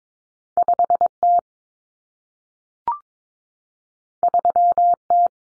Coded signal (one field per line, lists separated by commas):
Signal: Morse code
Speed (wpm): 22 wpm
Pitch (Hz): 700 Hz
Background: none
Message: 5T 3T